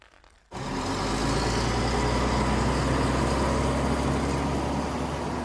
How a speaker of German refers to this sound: Mit diesem Bild vor Augen bin ich in den altertümlichen Omnibus eingestiegen, der aus dem Nirgendwo aufgetaucht, unmittelbar vor mir an der Bordkante gehalten hatte, ein paar Schritte nur von dem Eingang des Museums.